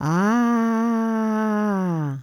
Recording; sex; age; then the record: sustained vowel /a/; female; 60 to 69 years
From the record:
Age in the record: 66 years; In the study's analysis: excluded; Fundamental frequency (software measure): 215 Hz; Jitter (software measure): 0.42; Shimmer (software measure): 0.78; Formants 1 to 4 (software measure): 912 Hz, 1371 Hz, 1961 Hz, 3216 Hz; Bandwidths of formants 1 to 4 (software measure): 448 Hz, 318 Hz, 303 Hz, 332 Hz